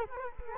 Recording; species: mosquito wingbeat signal from an infrared sensor; Culex quinquefasciatus